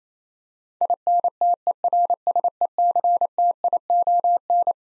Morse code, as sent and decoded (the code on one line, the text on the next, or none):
.. -. - . .-. ... . -.-. - .. --- -.
INTERSECTION